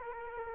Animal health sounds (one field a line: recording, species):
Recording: mosquito wingbeat signal from an infrared sensor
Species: Culex quinquefasciatus